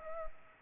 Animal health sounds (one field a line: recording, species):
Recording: mosquito wingbeat signal from an infrared sensor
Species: Culex pipiens